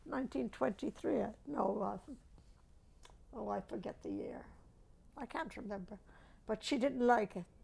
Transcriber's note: none